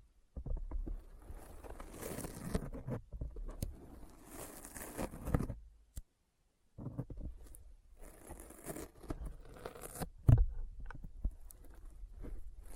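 Sticky fingers peel and tap in quick, uneven bursts, each contact giving a crackly, smacking sound with bright hiss on top. The sounds run dense and busy, stop in near silence around six seconds, then resume, with a sharp loud pop just after ten seconds.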